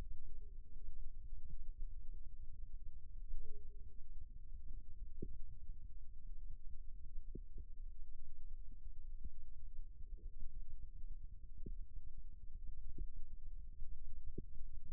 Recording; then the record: forearm muscle sounds (acoustic myography)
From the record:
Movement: rest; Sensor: system 2, bracelet of six BSWA MPA416 microphones around the upper forearm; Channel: 1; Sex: male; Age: 22 years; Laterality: right